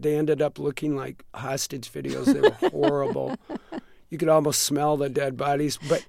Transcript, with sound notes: They ended up looking like hostage videos. They were horrible.
(SOUNDBITE OF LAUGHTER)
You could almost smell the dead bodies.